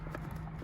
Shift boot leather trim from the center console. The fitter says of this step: listen and you're gonna hear a click